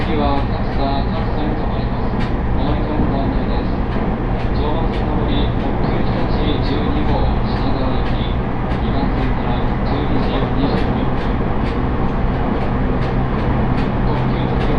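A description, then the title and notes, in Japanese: Inside a train on a railway journey, a steady low rumble and constant hum of the running carriage fill the whole recording. Sharp clicks and faint high squeals recur every second or so, with murmuring voices faintly underneath. 鉄道旅 常磐線 南中郷→勝田。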